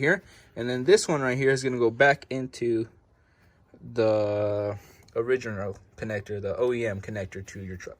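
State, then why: Not seated. A man talks as the N2 Designs remote start harness plug for a 3rd Gen Tacoma is handled, about to go back into the truck's original OEM plastic connector, with a brief quiet gap around 3.0–3.8 s. Nothing has seated or clicked yet.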